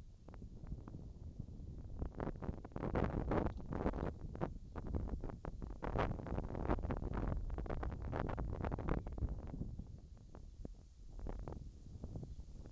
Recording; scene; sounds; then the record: everyday scene through a hearing-aid microphone; wind on the microphone; wind, whistling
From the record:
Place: in front of a rural house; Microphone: in the ear canal, left